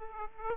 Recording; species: mosquito wingbeat signal from an infrared sensor; Aedes aegypti